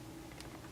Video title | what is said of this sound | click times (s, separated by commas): Nodus Contrail 39 // TimeLaps Review | you can actually even hear a little click there | 0.4 s